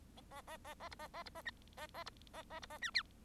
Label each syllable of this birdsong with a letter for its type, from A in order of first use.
A A A A B A A B A C A A B A A B A D E